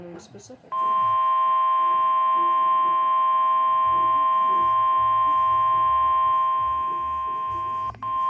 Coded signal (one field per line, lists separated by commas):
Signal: Emergency Alert System (SAME) tones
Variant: 1050 Hz attention tone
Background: speech